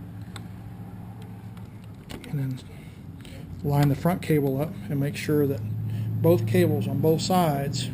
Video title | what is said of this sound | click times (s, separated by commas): Harley Davidson Softail Deluxe Grip Replacement | If you roll the throttle back, it'll snap into place. | 0.4 s